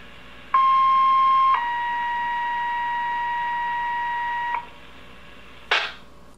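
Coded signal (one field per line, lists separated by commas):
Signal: two-tone page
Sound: one-second steady tone, then a slightly lower tone for three seconds, then a short hiss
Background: radio static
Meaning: Tone pair alerts a specific fire department's pagers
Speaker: is the cool tuner in action admittedly this sought this process is a little hands-on but it can be done you basically focus on the digits on the left side of the decimal point when the tones go by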